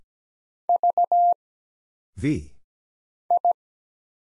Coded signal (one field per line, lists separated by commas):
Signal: Morse code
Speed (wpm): 17 wpm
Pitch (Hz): 700 Hz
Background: none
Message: V I